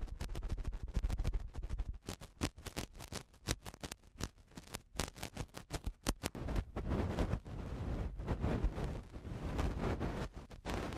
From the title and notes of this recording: Eardrum Cleaning (No Talking).